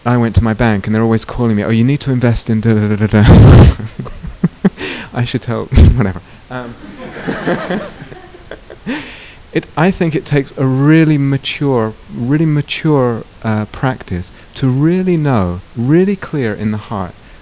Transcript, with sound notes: I went to my bank, and they're always calling me about "you need to invest in da-da-da-da." [laughs] I should tell... whatever. [laughter] I think it takes a really mature, really mature practice to really know, really clear in the heart,